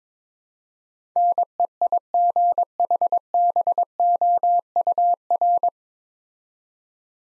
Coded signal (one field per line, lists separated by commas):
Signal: Morse code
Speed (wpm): 22 wpm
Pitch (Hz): 700 Hz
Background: none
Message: NEIGHBOUR